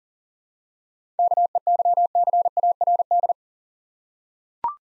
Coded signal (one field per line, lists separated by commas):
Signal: Morse code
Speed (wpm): 39 wpm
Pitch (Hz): 700 Hz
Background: none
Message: KEYCARD